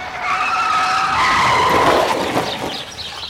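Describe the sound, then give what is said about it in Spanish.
Car tires screech in a long, loud skid as a car runs over a boy at a street crossing: a shrill wavering squeal that slides downward in pitch before breaking into rougher, noisier scraping and fading out. “En el cruce y sin mirar, el chico del cumpleaños se bajó del bordillo de la acera y en un abrir y cerrar de ojos fue arrollado por un coche.”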